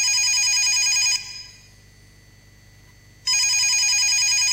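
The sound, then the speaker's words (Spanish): A telephone bell rings in two loud, bright bursts of rapid metallic trilling, separated by about two seconds of near silence. “Llaman por teléfono.”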